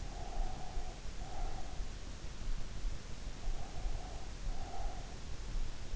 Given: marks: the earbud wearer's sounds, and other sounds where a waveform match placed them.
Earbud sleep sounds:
sounds in sleep by an in-ear microphone; breath
0.00-2.19 s: breath
2.84-5.68 s: breath

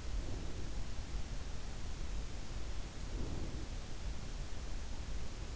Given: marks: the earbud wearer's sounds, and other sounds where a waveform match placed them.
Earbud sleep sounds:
sounds in sleep by an in-ear microphone; breath
0.00-1.07 s: breath
2.86-4.15 s: breath

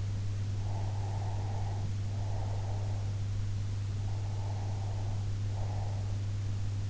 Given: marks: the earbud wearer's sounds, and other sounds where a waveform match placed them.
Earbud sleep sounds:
sounds in sleep by an in-ear microphone; breath
0.65-3.13 s: breath
4.34-6.18 s: breath

